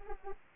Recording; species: mosquito wingbeat signal from an infrared sensor; Anopheles arabiensis